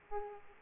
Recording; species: mosquito wingbeat signal from an infrared sensor; Aedes aegypti